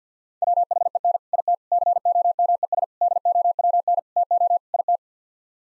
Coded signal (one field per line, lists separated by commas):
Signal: Morse code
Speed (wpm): 50 wpm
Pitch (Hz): 700 Hz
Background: none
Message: WHEN IT COMES DOWN TO IT